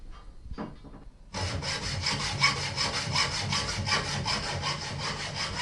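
A hand saw cuts through a wooden curtain rod laid between two chairs in an office, with steady, rhythmic back-and-forth rasping strokes, loud and continuous after a brief quieter start with a few faint knocks.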